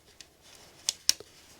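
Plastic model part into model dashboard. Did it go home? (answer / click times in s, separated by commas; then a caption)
yes / 1.1 s. A plastic speedometer part for a Fanhome Knight Rider KITT 1:8 scale model, turned the right way round after a wrong first try, is pressed into the model dashboard. A faint tick at 0.2 s and a sharp click at 0.9 s come first, then the loudest, bright snap at 1.1 s, followed by a small tap. The part seats at 1.1 s.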